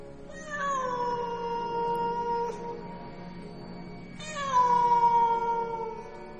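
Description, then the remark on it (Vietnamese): A black cat sitting on a balcony lets out two long, drawn-out yowling meows, the first about four seconds, the second starting louder after a brief pause, with a whiny, wavering pitch and no talking. “Thỉnh thoảng nó lại kêu lên những tiếng nghe đến sốt cả ruột.”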